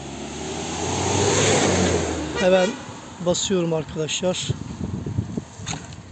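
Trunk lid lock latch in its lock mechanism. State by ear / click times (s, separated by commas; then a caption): released / 5.9 s. A repaired Volkswagen trunk lid lock mechanism is held on the bench in its locked position while someone talks over a background of traffic-like noise. The release is pressed, and the latch springs open with a sharp click at 5.9 s.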